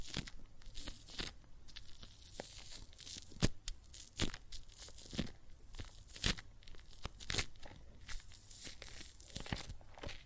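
Soap foam crackles and fizzes with water, a dense layer of tiny hissing pops that never settles. Sharper crunchy bursts break through irregularly, roughly every second, with a loud snap near the middle. The sound stays bright and thin, with little low body.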